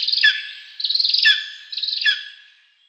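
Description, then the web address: Lesser spotted eagle calling: three harsh, pulsed notes, each ending in a sharp downward yelp, spaced about a second apart, with nothing else audible. "Schulze Peter Lesser Spotted Eagle"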